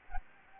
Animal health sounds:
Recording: mosquito wingbeat signal from an infrared sensor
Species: Aedes aegypti

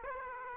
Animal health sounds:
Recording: mosquito wingbeat signal from an infrared sensor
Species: Aedes aegypti

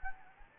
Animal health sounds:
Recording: mosquito wingbeat signal from an infrared sensor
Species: Anopheles gambiae

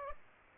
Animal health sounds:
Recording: mosquito wingbeat signal from an infrared sensor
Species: Aedes aegypti

